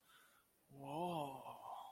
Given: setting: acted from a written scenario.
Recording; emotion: vocal sound without words; awe